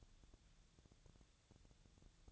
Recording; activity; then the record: daily activity, microphone in the room; take from stove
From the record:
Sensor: 3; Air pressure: 999.3 hPa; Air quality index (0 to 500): 196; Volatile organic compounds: 42 ppm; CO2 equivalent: 3188 ppm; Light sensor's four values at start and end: 8/18/7/7 and 8/18/7/7